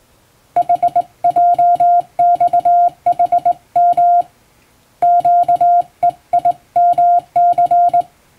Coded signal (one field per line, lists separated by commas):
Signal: Morse code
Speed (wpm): 21 wpm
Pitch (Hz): 700 Hz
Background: music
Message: HJXHM QEIMC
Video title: 【Radio operator morse code training】This is Morse code practice video. There is morse exam in japan.